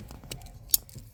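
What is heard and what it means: An auto stop-start eliminator's plastic plug is pushed into the mating side of a Jeep's wiring harness connector under the dash. A faint tick at 0.3 s is followed by a sharp, bright click at 0.7 s as the plug clicks in and seats.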